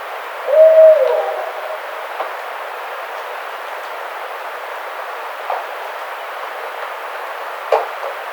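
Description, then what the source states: Barred owl giving one short hoot near the start, then quiet hiss with a few faint clicks and taps. Recorded 30 April 2009.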